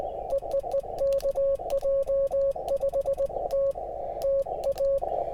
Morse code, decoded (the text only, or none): EEE KJ5T TA